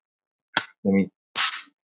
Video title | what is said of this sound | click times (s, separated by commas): Universal Plug from Nomad Plug | yeah so so it actually kind of snaps into place | 0.6 s